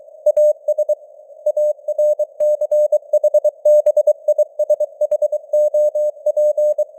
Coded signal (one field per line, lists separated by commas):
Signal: Morse code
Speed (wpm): 23 wpm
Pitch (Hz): 600 Hz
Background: none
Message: AS ARCHBISHOP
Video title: Morse Code News | 2025-10-04 | 23wpm